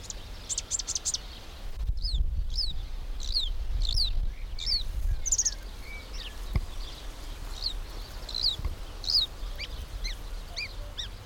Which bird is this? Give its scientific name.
Acrocephalus palustris